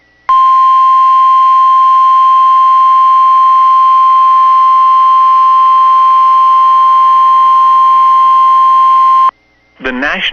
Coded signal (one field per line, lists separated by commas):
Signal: Emergency Alert System (SAME) tones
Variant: 1050 Hz attention tone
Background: speech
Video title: [EAS] Late Season Severe Thunderstorm Warning for Bemidji MN